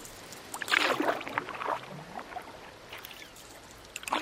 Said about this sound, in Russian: Затем взял доску, привязал ее к ноге и пошел в океан. В воде я улегся на доску и погреб, что было сил от берега.